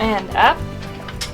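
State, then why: Not seated. The lower side rail of a hospital bed is pulled out and raised by hand while someone talks, with a brief tick of handling noise near 1.1 s. The rail is still being handled, and nothing has seated or locked into place yet.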